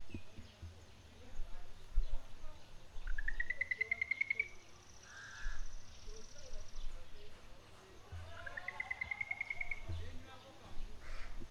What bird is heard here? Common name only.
Brubru